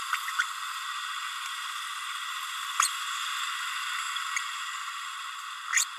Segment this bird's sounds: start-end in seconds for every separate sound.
0.12-0.16, 0.39-0.43, 2.79-2.88, 5.72-5.84